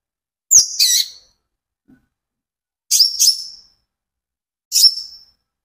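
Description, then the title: Van Hasselt's sunbird call notes: three separate high, sharp chirp phrases with slurred tails, in otherwise quiet surroundings. Steady, continuous song, used as a lure and for therapy to get birds to answer and sing. "KOLIBRI NINJA KONIN IJOAN GACOR COCOK UNTUK PANCINGAN TERAPI KONIN BAHAN PASTI NYAUT"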